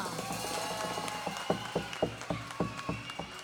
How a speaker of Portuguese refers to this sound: Por favor, uma salva de palmas diretamente de Santa Rosa